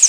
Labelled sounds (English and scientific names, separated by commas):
Pine Warbler (Setophaga pinus) flight call